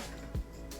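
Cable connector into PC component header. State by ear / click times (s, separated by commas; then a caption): not seated / none. A plastic cable connector is handled and pushed toward a PC component header during cable management, over steady music-like background sound. A low thump comes near 0.35 s and a brief sharp sound at 0.7 s, but the clip ends before the connector goes home, so nothing has seated or clicked yet.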